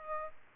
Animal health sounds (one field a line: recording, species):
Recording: mosquito wingbeat signal from an infrared sensor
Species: Culex pipiens